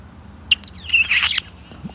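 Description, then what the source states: Chickadee calls: one sharp chip, then a short buzzy, squeaky note that slides downward, over a quiet outdoor background. Heard in a backyard; the call is described as buzzing and squeaking.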